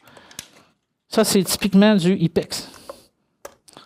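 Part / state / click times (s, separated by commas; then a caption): hinged flap door into the seat of a backwater valve body / seated / 0.3 s, 0.4 s. A hinged flap door is pressed into the seat of a plastic backwater valve body (an Ipex) so it stays up and does not drop, clicking into place at about 0.3 s and 0.4 s. Someone then talks, followed by a few faint knocks near the end.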